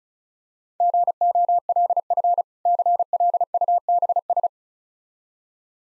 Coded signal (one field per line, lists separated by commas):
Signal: Morse code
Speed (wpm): 36 wpm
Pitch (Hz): 700 Hz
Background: none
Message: GOLF CLUBS